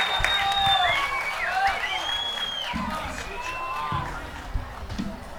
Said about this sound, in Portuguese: Bate mais palmas pra ele, gente. Menino bom.